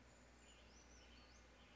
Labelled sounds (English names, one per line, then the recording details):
Brown Creeper
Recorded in Sonoma County, California